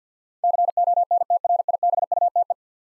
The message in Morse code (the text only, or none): CONTRIBUTE